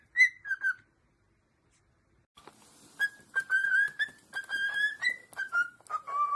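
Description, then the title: Cockatiel whistles a few notes, falls silent, then resumes with a run of level and sliding whistles over a faint hiss. Several cockatiels singing and whistling. "Calopsitas Cantando Assobio"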